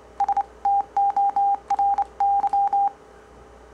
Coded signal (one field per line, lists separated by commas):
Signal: Morse code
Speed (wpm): 28 wpm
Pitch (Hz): 800 Hz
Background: none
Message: STORY